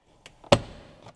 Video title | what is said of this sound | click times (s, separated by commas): Commander Installation - All Tesla Model 3 & Y With Heat-Pump - New Universal Cable | And then I'm going to gently start pulling it up until it pops. There you go. | 0.5 s